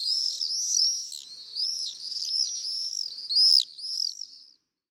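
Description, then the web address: Common swift screams: shrill, high, arching buzzy calls that run together in a continuous ringing series for about four and a half seconds, then stop. "rondone"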